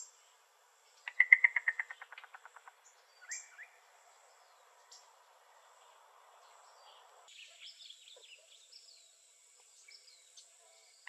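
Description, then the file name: Yellow-billed cuckoo call: a fast run of knocking notes that slows and trails off, followed by scattered faint chirps from other birds. Arizona. "YBCU 2 Deviche"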